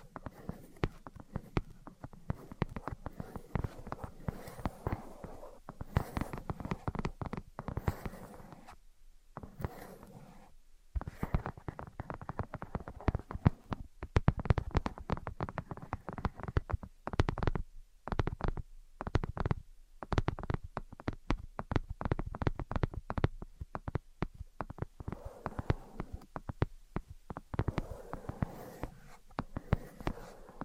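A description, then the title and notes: Dense, irregular tapping and scratching, dry, with rapid bursts of clicks and brief silences around ten and eighteen seconds. ASMR Invisible Tapping and Scratching (No Talking).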